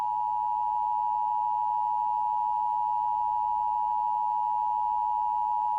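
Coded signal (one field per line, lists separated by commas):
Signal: Emergency Alert System (SAME) tones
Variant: 853 and 960 Hz attention tone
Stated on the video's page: Fictional EAS scenario, not a real alert.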